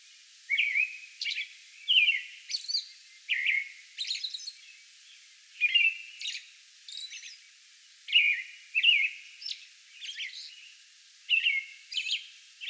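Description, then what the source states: American robin singing a series of rich whistled phrases mixed with high squeaky syllables. Song bout recorded May 11.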